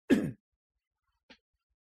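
A single short, harsh throat clear from an adult man, lasting about a quarter of a second, followed about a second later by a faint, brief click-like sound, then quiet. This is ordinary voluntary throat clearing.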